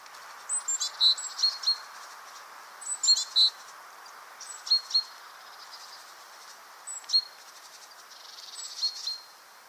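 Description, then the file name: Great tit giving sharp, high-pitched call notes in short clusters, some doubled, separated by pauses of a second or two. "Parus major"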